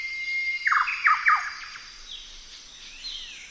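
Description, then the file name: Golden whistler song: a steady whistled note, then three loud, sharp descending notes in quick succession, followed by fainter high notes. "Golden whistler bird singing"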